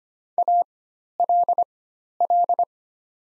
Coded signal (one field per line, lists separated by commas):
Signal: Morse code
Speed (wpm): 25 wpm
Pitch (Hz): 700 Hz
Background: none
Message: ALL